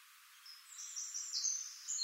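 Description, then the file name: Eurasian blackcap song: clear, high whistled notes drawn out and overlapping, a bright flutey phrase building in loudness over two seconds. "Sylvia atricapilla"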